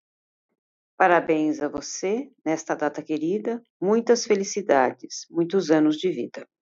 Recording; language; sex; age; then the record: short text; Brazilian Portuguese; female; 50 to 59 years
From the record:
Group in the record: control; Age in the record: 59 years